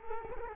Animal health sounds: mosquito wingbeat signal from an infrared sensor; Culex quinquefasciatus

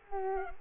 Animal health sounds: mosquito wingbeat signal from an infrared sensor; Culex quinquefasciatus

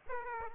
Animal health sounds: mosquito wingbeat signal from an infrared sensor; Aedes aegypti

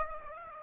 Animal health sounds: mosquito wingbeat signal from an infrared sensor; Aedes aegypti

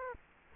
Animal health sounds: mosquito wingbeat signal from an infrared sensor; Culex quinquefasciatus

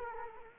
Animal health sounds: mosquito wingbeat signal from an infrared sensor; Culex quinquefasciatus

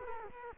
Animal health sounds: mosquito wingbeat signal from an infrared sensor; Culex quinquefasciatus

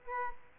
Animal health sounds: mosquito wingbeat signal from an infrared sensor; Aedes aegypti

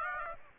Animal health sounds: mosquito wingbeat signal from an infrared sensor; Aedes aegypti

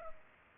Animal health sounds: mosquito wingbeat signal from an infrared sensor; Culex pipiens

